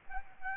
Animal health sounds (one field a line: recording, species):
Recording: mosquito wingbeat signal from an infrared sensor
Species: Culex pipiens